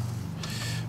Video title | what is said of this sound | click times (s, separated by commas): Saab Convertible Hydraulic Cylinder Part 2 Install | take some coaxing to get in there it's got a new o-ring there you heard it click so | 0.4 s